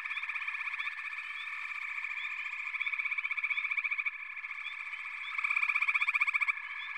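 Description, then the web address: Frog chorus of rapid pulsed trills, swelling louder near the end, with occasional rising chirps. "Natures Songs Nature Sounds The Natural Sounds of the Wilderness 10 CDs collection Echoes of Nature - Sampler 08 Frog Chorus"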